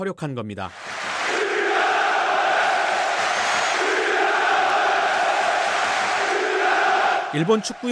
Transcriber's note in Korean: 녹취: 축구경기 현장음